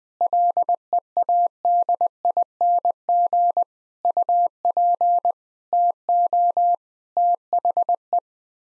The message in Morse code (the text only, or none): LEADING UP TO THE